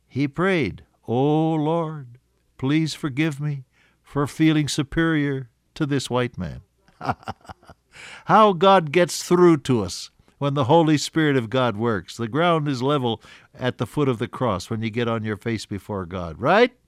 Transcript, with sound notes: He prayed, “Oh Lord, please forgive me for feeling superior to this white man.” [laughter] How God gets through to us when the Holy Spirit of God works, the ground is level at the foot of the cross, when you get on your face before God, right?